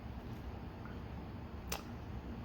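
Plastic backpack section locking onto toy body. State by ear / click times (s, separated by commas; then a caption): seated / 1.7 s. A plastic backpack section of a Transformers BB Deluxe Evil Predacon Terrorsaur toy is squeezed together and locked onto the toy body. Over a steady low background, a faint soft tick comes at 0.9 s, then a sharp, bright click at 1.7 s as the backpack seats and locks into place.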